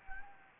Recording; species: mosquito wingbeat signal from an infrared sensor; Anopheles gambiae